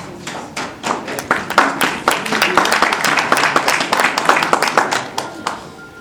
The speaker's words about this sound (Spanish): Lo recibimos con un fuerte aplauso, por favor.